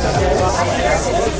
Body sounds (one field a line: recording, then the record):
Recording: background sound without coughing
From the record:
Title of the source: Nightlife Party Simulating Party Club Noise 1 Hour